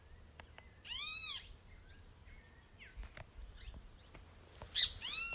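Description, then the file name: Great Kiskadee calling: harsh arched notes near the start and end, with scattered clicks and brief chirps from other small sounds in between. "cristofue"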